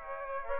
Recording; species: mosquito wingbeat signal from an infrared sensor; Aedes aegypti